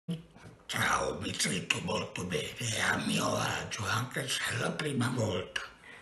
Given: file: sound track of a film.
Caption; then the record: The display of speaking function (TEP)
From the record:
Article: Comprehensive Evaluation of Vocal Outcomes and Quality of Life after Total Laryngectomy and Voice Restoration with J-Flap and Tracheoesophageal Puncture